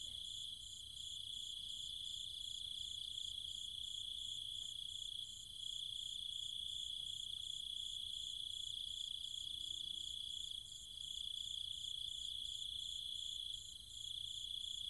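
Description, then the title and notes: Cicadas and other insects in a dense night chorus: a steady high shrill drone with faster pulsing buzzes layered above, briefly dipping three times. Cicadas and other insects calling at night in trees and fields in countryside near Chiang Mai, Thailand. "Cicada countryside, Thailand. Nighttime sounds of the cicadas and insects in the trees and fields, Chiang Mai, Thailand"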